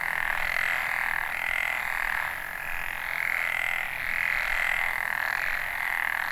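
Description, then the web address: Frog chorus, dense overlapping trills near one pitch that swell and fade repeatedly, continuing throughout with no other clear sounds. Recorded in northern Nanyo, Ehime Prefecture, Japan, on 29 May 2014. "ehimekennanyohokubu 140529 kaeru"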